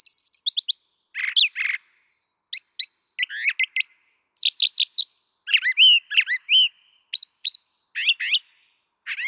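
Brown thrasher song: a long run of varied, rich phrases, high chirps and slurred whistles, many given in quick pairs, with short pauses between groups.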